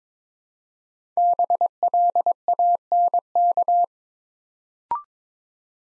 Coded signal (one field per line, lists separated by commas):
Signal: Morse code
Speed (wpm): 22 wpm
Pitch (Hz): 700 Hz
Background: none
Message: BLANK